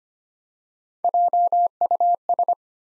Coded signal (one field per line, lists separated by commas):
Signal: Morse code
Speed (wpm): 26 wpm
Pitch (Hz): 700 Hz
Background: none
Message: JUS